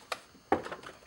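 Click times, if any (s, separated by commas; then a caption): 0.1 s, 0.5 s. Hands press around the edge of a reinstalled door trim panel on a VW GTI MK5, so each plastic retaining clip pops into its hole in the car door. Two sharp pops ring out at 0.1 s and 0.5 s, followed by a fainter tap near 0.9 s. The clips are seated.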